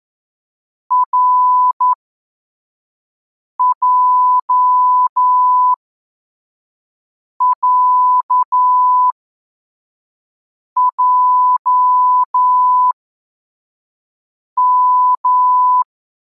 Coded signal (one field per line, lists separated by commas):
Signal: Morse code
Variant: Russian alphabet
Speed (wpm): 11 wpm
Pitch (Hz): 1000 Hz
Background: none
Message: РЙЯЙМ